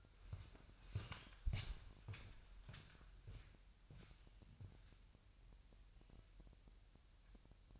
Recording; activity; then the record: daily activity, microphone in the room; walk to room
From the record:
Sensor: 2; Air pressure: 1001.8 hPa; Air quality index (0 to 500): 248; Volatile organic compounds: 36 ppm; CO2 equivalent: 3070 ppm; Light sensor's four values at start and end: 6/13/5/5 and 6/14/6/6